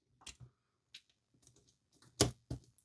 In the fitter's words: until it's locked into place and you'll feel it kind of snap in. And now this is all locked in.